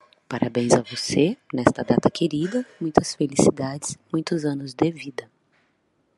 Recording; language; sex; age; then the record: short text; Brazilian Portuguese; female; 30 to 39 years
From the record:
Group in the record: control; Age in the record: 35 years